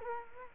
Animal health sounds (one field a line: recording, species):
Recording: mosquito wingbeat signal from an infrared sensor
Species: Culex quinquefasciatus